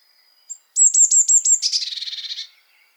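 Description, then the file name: Eurasian blue tit call, a brief high note followed by a rapid string of thin ticking notes that turn into a fading, buzzy churr. "Cyanistes caeruleus"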